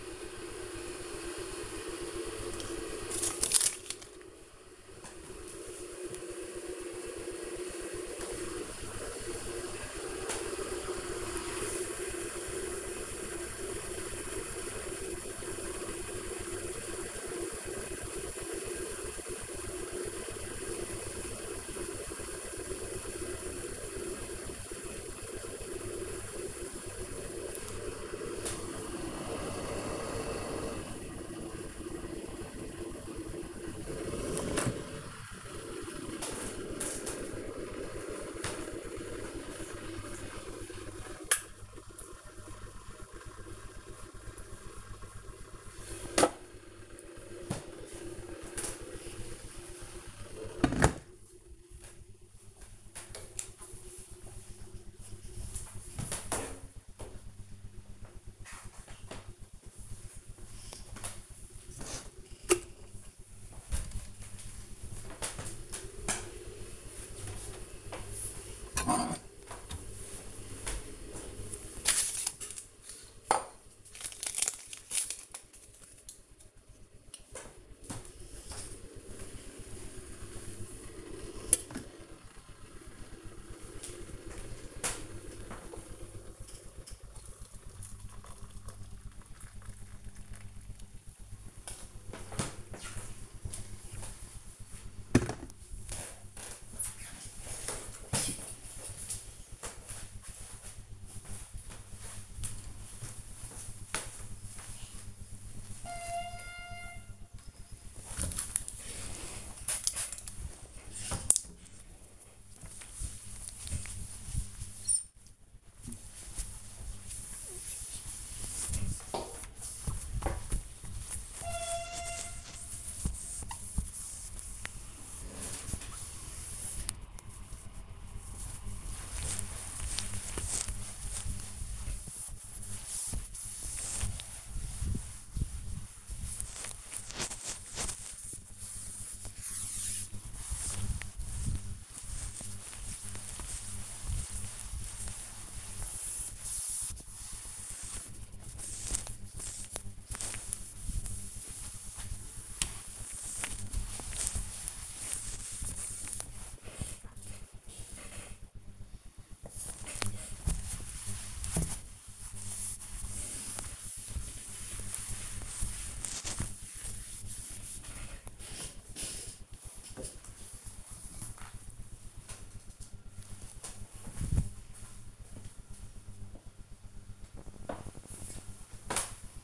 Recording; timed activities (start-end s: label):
household activities, microphone on the right wrist
0.00-50.83 s: making tea
58.86-95.13 s: making tea
107.20-167.74 s: window cleaning
176.78-179.44 s: cutting vegetables